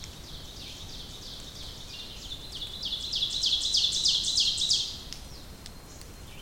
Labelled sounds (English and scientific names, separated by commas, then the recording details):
Ovenbird (Seiurus aurocapilla) song
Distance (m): 35 m
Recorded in boreal forest in Alberta, Canada, on 2 June 2016 at 07:25
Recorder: SongMeter 3, array SBT-3-7
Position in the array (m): 80 m, 111 m
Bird 5